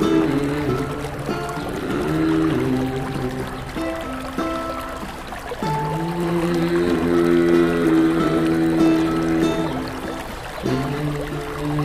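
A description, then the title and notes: Low sustained strings hold long, layered tones that shift chord around two, six and eleven seconds, with a brief brighter note near six seconds. Behind them runs a constant soft wash of trickling water, steady, at an even moderate level throughout. Windsong Sound Bath 10305. Strings. Water.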